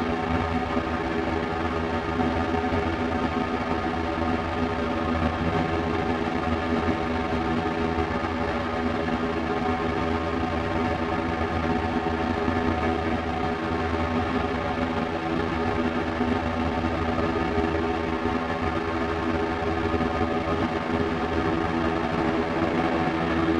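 A drone holds steady for the whole stretch, a thick stack of sustained tones layered from deep low notes up through the middle range. The level never swells or drops, and no separate events break the continuous hum.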